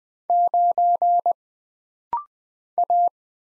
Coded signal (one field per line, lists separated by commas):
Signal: Morse code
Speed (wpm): 20 wpm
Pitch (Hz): 700 Hz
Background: none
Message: 9 A